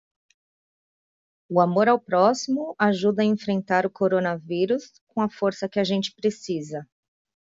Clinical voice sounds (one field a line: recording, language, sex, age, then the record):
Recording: spoken sentence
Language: Brazilian Portuguese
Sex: female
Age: 30 to 39 years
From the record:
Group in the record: control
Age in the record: 39 years